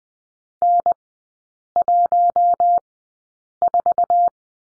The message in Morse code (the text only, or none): N14